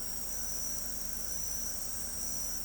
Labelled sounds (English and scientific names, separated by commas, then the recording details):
none
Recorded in pastures near Pivijay, Magdalena, Colombia, on 5 June 2023 at 21:30
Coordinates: 10.456, -74.369
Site P6-G026